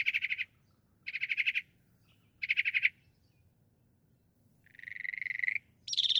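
Northern mockingbird song: three buzzy rattled phrases in a row, then a longer trill and a high squeaky note.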